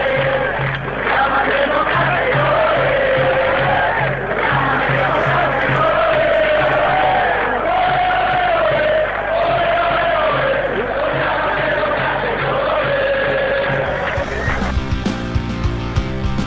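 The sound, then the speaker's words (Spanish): A large protest crowd chants 15M movement slogans together in a loud, steady roar, massed voices rising and falling in rhythmic slogans that continue without pause before cutting off abruptly near the end. “Vamos a ir avanzando para ir analizando cuántas cosas han pasado en estos dos años, y a mí se me ha ocurrido que lo podemos hacer a partir de los gritos del 15M de estos años.”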